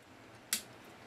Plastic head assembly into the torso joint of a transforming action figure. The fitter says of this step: but just make sure you push it back and you'll hear a click.